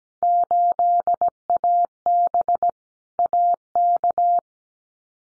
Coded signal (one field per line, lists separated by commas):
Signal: Morse code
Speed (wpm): 17 wpm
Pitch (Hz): 700 Hz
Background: none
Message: 8AB AK